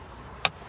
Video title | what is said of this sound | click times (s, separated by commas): Fluid Levels and Tire Check with Dads Hug Too | And whenever you hear that pop, you know this hood is open. | 0.4 s